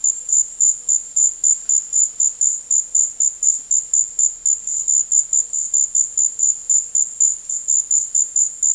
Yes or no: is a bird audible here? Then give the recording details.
no. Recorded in dense forest near Puerto Asís, Putumayo, Colombia, on 4 March 2025 at 14:00. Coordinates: 0.481, -76.323. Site G088